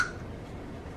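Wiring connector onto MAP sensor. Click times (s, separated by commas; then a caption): 0.0 s. A plastic electrical wiring connector is pressed onto a MAP sensor on a VW until it locks, giving a single sharp click at 0.0 s. After the click only a low, quiet background remains, and the connector is seated and locked.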